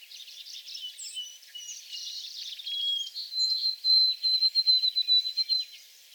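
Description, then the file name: White-throated sparrow whistled song: after soft twittering, a pure whistled note leads into a higher whistle repeated in a rapid, even series. Recorded on 28 April 2022 in back shrubs. "2022-04-28 White-throated Sparrow in back shrubs"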